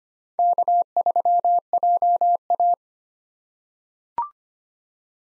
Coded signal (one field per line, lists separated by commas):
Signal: Morse code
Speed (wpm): 25 wpm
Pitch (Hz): 700 Hz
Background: none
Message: K3JA